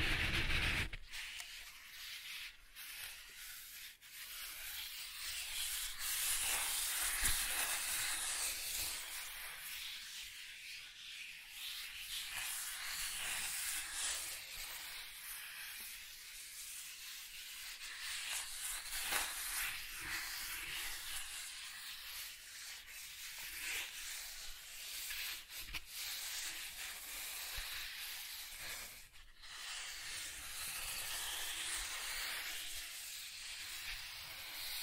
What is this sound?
Soft Tracing on Smooth and Rough Surfaces